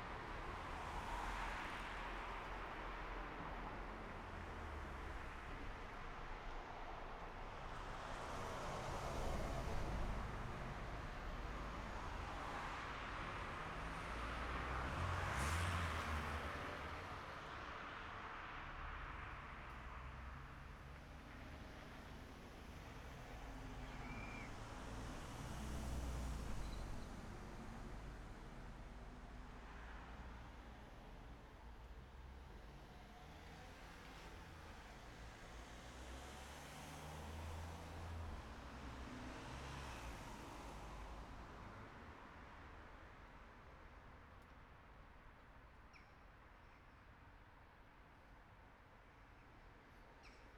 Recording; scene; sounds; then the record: everyday scene through a hearing-aid microphone; in traffic; traffic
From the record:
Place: city secondary road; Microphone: behind the ear, right, front